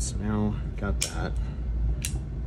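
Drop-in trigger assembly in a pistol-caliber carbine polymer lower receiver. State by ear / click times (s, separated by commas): not seated / none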